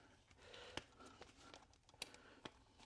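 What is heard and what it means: A snap-on pre-filter is pressed onto a valve cover breather cap after a failed first try. Scattered handling noises and sharp ticks lead up to a strong, bright snap at 2.0 s as the filter seats home, followed by another tick.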